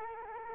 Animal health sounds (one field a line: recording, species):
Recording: mosquito wingbeat signal from an infrared sensor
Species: Culex quinquefasciatus